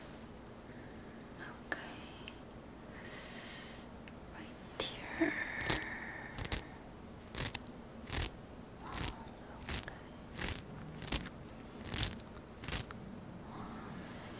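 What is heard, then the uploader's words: Razor strokes scrape across stubble at a barber shop, starting faintly and settling into a steady rhythm of crisp, rasping passes about once a second after the first few seconds. A low steady hum sits underneath. ASMR Men's Shave Barber Shop ASMR.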